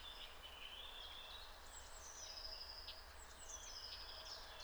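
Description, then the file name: Marsh tit calls, thin high whistled notes and short repeated piping series, over steady low background noise. "Poecile palustris"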